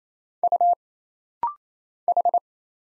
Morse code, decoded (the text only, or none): U H